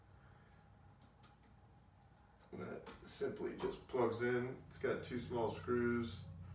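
A motor power cable connector is handled at the X2 port of a servo drive while someone talks about the connector securing with two small screws. Faint handling noise is heard under the speech, but the connector has not yet been plugged in or seated.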